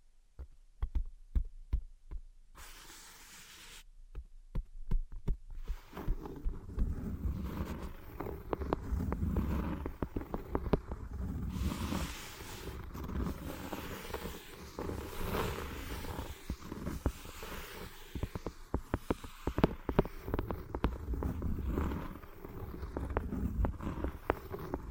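Tapping and scratching with no visible source: sharp, irregular taps come quickly throughout, sparse over near silence for the first few seconds, then over a thick, rustling scratch from about five seconds on. The taps are uneven in loudness, and a low rumbling texture sits beneath.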